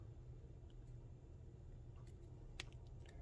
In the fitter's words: kind of get straight and boom snapped right in